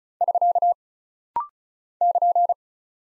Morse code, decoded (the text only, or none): <SK> <KN>